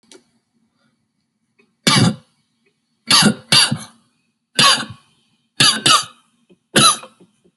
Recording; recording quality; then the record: heavy voluntary cough; excellent, no background noise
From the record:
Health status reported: healthy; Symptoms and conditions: none ticked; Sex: male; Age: 25 years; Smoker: not ticked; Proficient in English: yes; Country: India